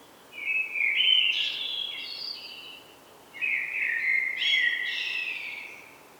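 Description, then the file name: Common blackbird singing two warbling phrases in close succession, each mixing mellow fluted notes with high, twittering squeaks. "Turdus merula"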